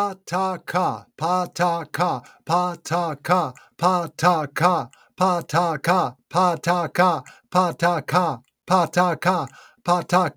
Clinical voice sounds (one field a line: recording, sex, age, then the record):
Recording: repeated syllables /pa ta ka/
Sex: male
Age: 50 to 59 years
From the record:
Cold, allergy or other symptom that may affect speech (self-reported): no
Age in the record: 50 years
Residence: Missouri, United States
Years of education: 16